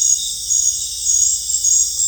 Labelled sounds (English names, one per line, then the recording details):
none
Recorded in dense forest near Puerto Asís, Putumayo, Colombia, on 26 December 2024 at 19:30
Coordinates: 0.484, -76.325
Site G056